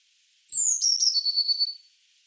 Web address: SETE Cyanistes caeruleus